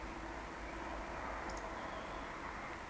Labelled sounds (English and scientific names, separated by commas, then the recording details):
Eurasian Woodcock (Scolopax rusticola)
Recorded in Baden-Württemberg, Germany, on 17 June 2020 at 19:46 UTC
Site 14569, 102 m above sea level